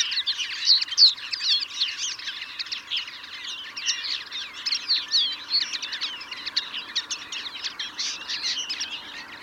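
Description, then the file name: European greenfinch calls, a dense, continuous chatter of quick twittering chirps with no pauses. "Chloris chloris"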